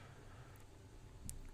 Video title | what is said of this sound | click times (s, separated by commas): Tutoriel Sony Xperia XA2 : remplacer la lentille de protection de la caméra arrière | Voilà, ça s'enlève très facilement. C'est clipsé, c'est pas collé. | 1.3 s